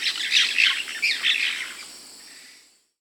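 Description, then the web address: Cobalt-winged parakeet giving a quick run of shrill, squeaky chirps for about two seconds, then fading away into silence. South America. "Natures Songs S America Cobalt-winged Parakeet (Brotogeris c"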